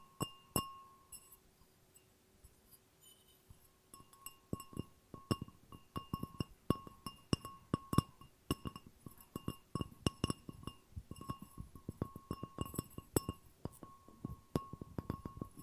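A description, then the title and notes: Glass is tapped in quick, irregular clicks that grow denser after four seconds, with a bright ringing tone sustaining between strikes. ASMR No Talking Glass Tapping and Ringing Sounds.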